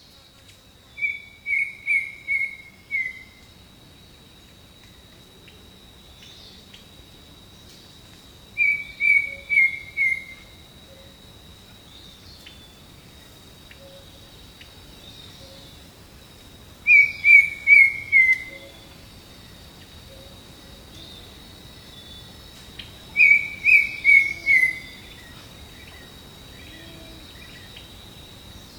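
A bird in the jungle sings four short phrases, at about 1, 9, 17 and 23 seconds, each a quick run of four or five bright, slightly descending notes. Between them a faint high insect hum holds steady, with soft low rumble beneath.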